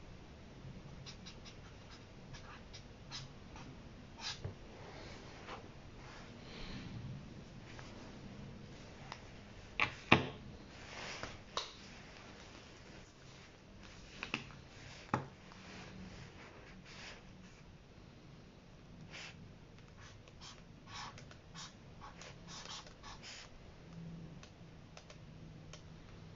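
Someone copying a passage out of a book by hand. Soft, irregular pen taps and brief scratches come in uneven bursts, with a few sharper knocks around ten and fifteen seconds, over a low, steady hum.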